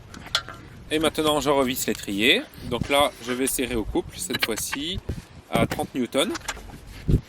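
A brake pad wear sensor plug is pushed into its harness connector at the brake caliper and clicks in with a sharp, short snap at 0.4 s, seating it. Afterwards, someone talks while light metallic jangling and handling noises continue.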